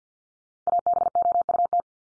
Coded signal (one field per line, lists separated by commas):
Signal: Morse code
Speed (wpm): 50 wpm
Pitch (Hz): 700 Hz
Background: none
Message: ABOUT